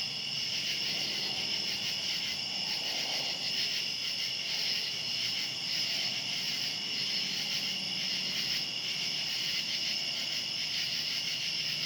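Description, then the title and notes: Cicadas droning in an unbroken high-pitched chorus with a gently throbbing texture. Outdoors at night. "Ext. Cicadas, Night by Bandeto"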